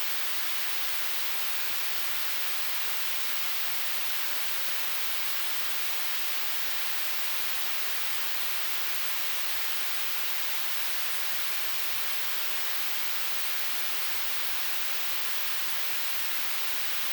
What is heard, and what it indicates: Tinnitus.